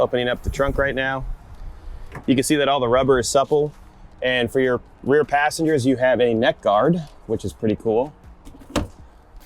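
Someone talks while showing the rear cargo area of a 1987 Dodge Daytona Shelby hatchback, then works a panel or cover behind the rear seat. A single sharp click sounds at 8.8 s as the rear cargo panel latch releases and the panel opens.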